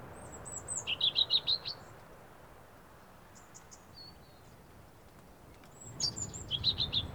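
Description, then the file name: European robin uttering rapid bursts of high, sharp chirps in two groups at the start and end, with thin very high notes between and a low background rumble. "Erithacus rubecula 291115"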